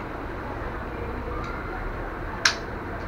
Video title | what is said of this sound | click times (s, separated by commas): finally I bought the best GORILLA TRIPOD for my camera -VLOG- | व्याख्या यह lock हो गया और | 2.5 s